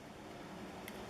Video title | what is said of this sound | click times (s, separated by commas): Kreg Pocket hole Jig Unboxing and Review | we're gonna put it at the same thickness it'll just pop into place | 0.9 s